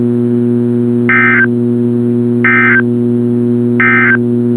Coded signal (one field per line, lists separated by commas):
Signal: Emergency Alert System (SAME) tones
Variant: end-of-message bursts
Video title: CRP Required Weekly Test on WXK26 (EAS 464) - 04/06/2022